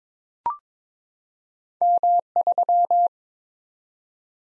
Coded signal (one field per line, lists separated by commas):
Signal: Morse code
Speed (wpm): 22 wpm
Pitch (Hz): 700 Hz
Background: none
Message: M3